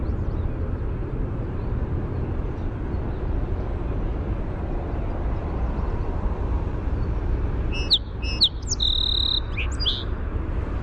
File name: SOSP song